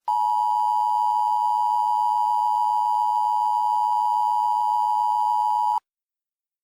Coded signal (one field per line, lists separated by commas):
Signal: Emergency Alert System (SAME) tones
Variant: 853 and 960 Hz attention tone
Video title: EAS Mock 28: The Klastein Case